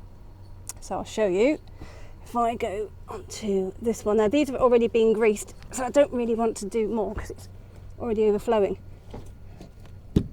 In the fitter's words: You hear that clunk? That's on.